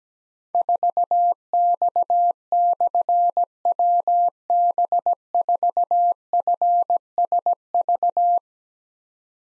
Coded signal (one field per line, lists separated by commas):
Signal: Morse code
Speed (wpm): 17 wpm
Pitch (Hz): 700 Hz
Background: none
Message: 4X/WB4FSV